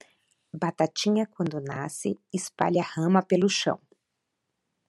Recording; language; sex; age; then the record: short text; Brazilian Portuguese; female; 50 to 59 years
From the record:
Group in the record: control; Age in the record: 52 years